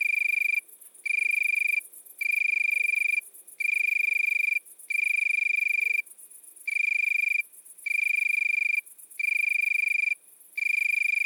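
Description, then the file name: Italian tree cricket producing a continuous series of bell-like trills, each roughly a second, broken by quick pauses, repeated regularly. Recorded at midnight at Le Puech, Cantal. "grillon-d Italie-a-minuit-Le-Puech-Cantal"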